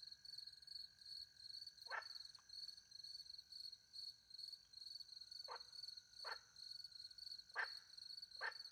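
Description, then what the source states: Frog croaks, a single rasp then a loose cluster of four short croaks, over a dominant continuous cricket trill. Frogs with crickets, countryside by night near a little pond, France; microphones hidden in a tree, two Usi pro mics into a Mixpre 10 II recorder.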